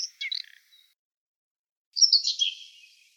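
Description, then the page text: Common whitethroat song: two short, scratchy, chattering phrases high in pitch, separated by more than a second of silence. "Серая славка"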